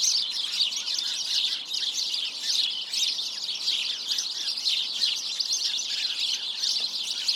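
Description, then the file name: House sparrows in a busy flock, overlapping short chirps forming a steady, unbroken chatter. "Passer domesticus"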